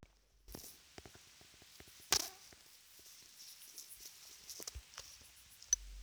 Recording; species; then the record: mosquito flight sound by mobile phone; Aedes sierrensis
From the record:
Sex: female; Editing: field recording with all noises